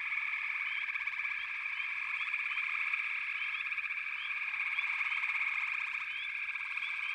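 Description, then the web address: Frogs in chorus, a dense steady mass of pulsed trills layered together, with faint short upward chirps scattered above the band. "The Natural Sounds of the Wilderness 10 CDs collection Echoes of Nature - Frog Chorus"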